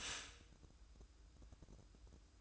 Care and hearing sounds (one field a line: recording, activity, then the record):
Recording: daily activity, microphone in the room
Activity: stop toaster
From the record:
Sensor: 2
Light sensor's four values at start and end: 6/14/6/6 and 6/14/6/6